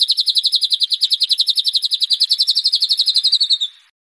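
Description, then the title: White-rumped shama song: one long, rapid, steady trill of high repeated notes that drifts slightly lower before stopping abruptly. Used for training caged birds. "MASTERAN MURAI BATU LABAIK"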